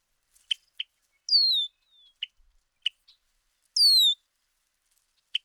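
Bird sounds: sharp dry clicking chips scattered throughout, with two longer whistles that slide downward breaking in after them.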